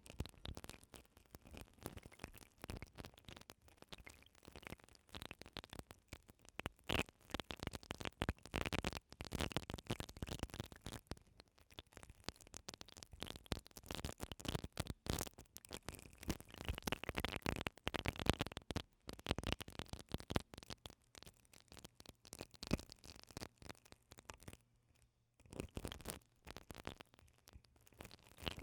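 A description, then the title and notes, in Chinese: Rough brushing of an eyelash brush against the ear, a fast, dense stream of scratchy strokes with a brief pause near 25 seconds. ASMR 睫毛刷粗暴刷耳！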